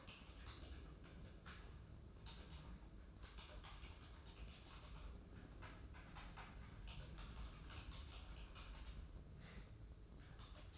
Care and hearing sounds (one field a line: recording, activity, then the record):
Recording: daily activity, microphone in the room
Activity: typing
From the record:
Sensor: 2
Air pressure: 995.1 hPa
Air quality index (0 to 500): 64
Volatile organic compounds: 2 ppm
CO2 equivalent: 1090 ppm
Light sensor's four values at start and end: 17/57/21/22 and 17/57/21/22